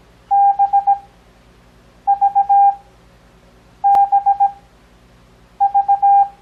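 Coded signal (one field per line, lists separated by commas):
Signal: Morse code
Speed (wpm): 17 wpm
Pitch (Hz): 800 Hz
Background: none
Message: BVBV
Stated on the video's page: Beginner Morse code copying practice covering letters B, C, F, H, J, L, P, Q, V, X, Y, Z plus earlier letters.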